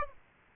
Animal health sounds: mosquito wingbeat signal from an infrared sensor; Aedes aegypti

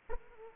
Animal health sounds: mosquito wingbeat signal from an infrared sensor; Aedes aegypti

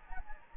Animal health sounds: mosquito wingbeat signal from an infrared sensor; Anopheles gambiae

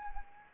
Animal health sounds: mosquito wingbeat signal from an infrared sensor; Anopheles arabiensis

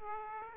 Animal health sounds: mosquito wingbeat signal from an infrared sensor; Aedes aegypti

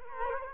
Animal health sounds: mosquito wingbeat signal from an infrared sensor; Culex quinquefasciatus

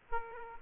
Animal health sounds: mosquito wingbeat signal from an infrared sensor; Aedes aegypti

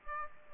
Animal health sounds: mosquito wingbeat signal from an infrared sensor; Aedes aegypti

